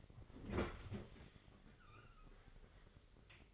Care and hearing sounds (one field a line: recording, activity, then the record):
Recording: daily activity, microphone in the room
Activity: open fridge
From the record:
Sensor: 4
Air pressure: 996.0 hPa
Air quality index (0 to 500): 64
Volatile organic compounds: 2 ppm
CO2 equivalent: 1150 ppm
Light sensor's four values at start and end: 15/40/15/17 and 14/38/14/16